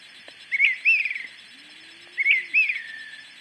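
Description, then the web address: Dusky-capped flycatcher singing twice: a quick rising whistle, then a longer arched note that slurs downward, with a faint low hum in the background. Ecuador. "Birds of Ecuador. Dusky-capped Flycatcher"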